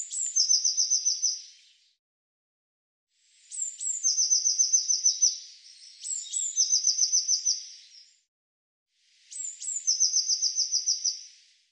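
Eurasian blue tit: four phrases, each a couple of thin, very high notes followed by a fast trill, with short pauses between.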